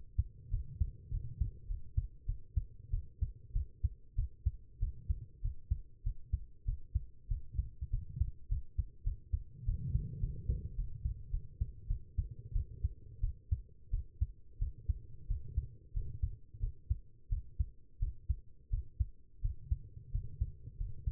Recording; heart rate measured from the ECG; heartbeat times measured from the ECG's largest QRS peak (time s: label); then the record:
heart sounds by stethoscope; 95 bpm
0.50 s: heartbeat
1.11 s: heartbeat
1.67 s: heartbeat
2.26 s: heartbeat
2.91 s: heartbeat
3.53 s: heartbeat
4.15 s: heartbeat
4.79 s: heartbeat
5.41 s: heartbeat
6.03 s: heartbeat
6.65 s: heartbeat
7.28 s: heartbeat
7.90 s: heartbeat
8.48 s: heartbeat
9.04 s: heartbeat
9.65 s: heartbeat
10.20 s: heartbeat
10.76 s: heartbeat
11.31 s: heartbeat
11.87 s: heartbeat
12.53 s: heartbeat
13.21 s: heartbeat
13.91 s: heartbeat
14.59 s: heartbeat
15.27 s: heartbeat
15.93 s: heartbeat
16.60 s: heartbeat
17.29 s: heartbeat
17.99 s: heartbeat
18.70 s: heartbeat
19.41 s: heartbeat
20.12 s: heartbeat
20.77 s: heartbeat
From the record:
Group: healthy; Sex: female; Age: 19 years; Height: 163 cm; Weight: 51 kg